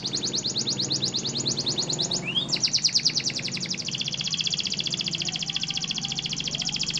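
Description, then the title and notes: Canary song of fast, rhythmic trills in high buzzy rows, with a swooping rising note near the middle before steady rapid trilling resumes over low background noise. Master canary song (kenari masteran), described as solid (mantap). "Suara Burung Kenari Masteran. master suara burung kenari mantap"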